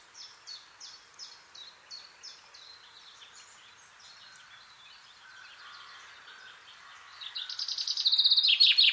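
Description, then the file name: Common chaffinch song: faint, evenly spaced notes at first, then a loud, rapid trill begins near the end and is cut off. "Fringilla coelebs"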